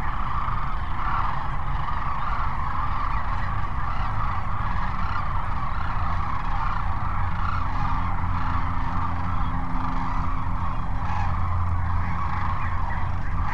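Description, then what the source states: Sandhill cranes, a crowded chorus of trilled, rolling calls pulsing steadily throughout, with a deep hum running along the bottom. Sandhill cranes at Cochise Lakes on 30 January 2019.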